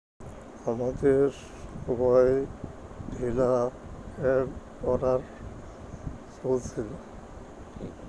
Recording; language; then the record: elicited speech; Bengali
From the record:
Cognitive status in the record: dementia